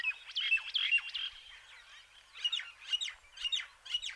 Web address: Schulze Peter Common Myna song